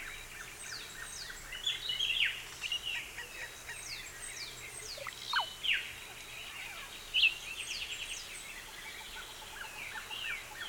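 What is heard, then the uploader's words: Forest after rain, full of overlapping bird chirps and whistles throughout, with sharper calls near two, five and seven seconds over a soft, steady hiss. Forest after rain.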